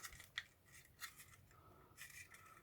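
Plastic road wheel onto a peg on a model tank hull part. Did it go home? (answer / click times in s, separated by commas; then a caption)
partly / 0.4 s. A plastic road wheel from a model tank kit is pressed onto its press-fit peg on a hull part. One sharp click is heard at 0.4 s, followed by quieter scraping and rubbing sounds. The wheel is only partly seated, deliberately not pushed fully home.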